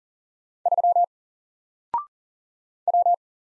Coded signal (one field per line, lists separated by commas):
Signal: Morse code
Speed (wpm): 40 wpm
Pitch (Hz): 700 Hz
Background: none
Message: 3 W